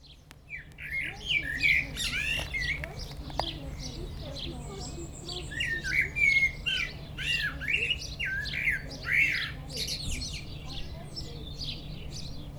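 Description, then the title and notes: Common blackbird delivering fluted, warbling phrases mixed with sharp high squeaky notes, singing almost continuously over a low droning background. Song from a bird perched atop a tree in Châtillon village, Chindrieux, France; Zoom H4n Pro recorder placed upright on the ground, preamp level 100. "1004 Rte de Châtillon, 73310 Chindrieux, France - Un merle au village. Un merle perché au sommet d'un arbre chante dans le village de Châtillon"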